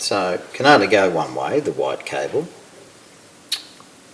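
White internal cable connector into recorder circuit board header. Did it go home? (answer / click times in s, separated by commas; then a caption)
yes / 3.5 s. A white cable's keyed connector, which only fits one way, is pushed into its header on a recorder's circuit board. Someone talks at first, then a short sharp click at 3.5 s shows the connector seating.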